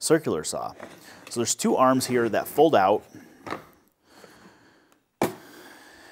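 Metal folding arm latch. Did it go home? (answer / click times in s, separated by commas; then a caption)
yes / 5.2 s. Someone talks while folding out one of the two support arms on a Kreg circular saw crosscut workstation, followed by a quiet pause with a few faint taps. At 5.2 s a sharp, loud hit rings out as the arm locks into its open position.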